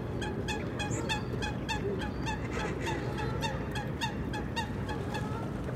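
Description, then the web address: Waterfowl calling: a rapid run of harsh, nasal notes repeated several times a second throughout, over steady low background rumble. Afternoon lakeside activity in spring. "BBC Atmospheres Spring. afternoon lakeside activity with waterfowl footsteps and voices distant traffic"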